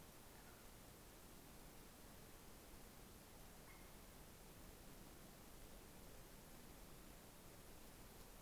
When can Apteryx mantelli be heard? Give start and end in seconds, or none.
none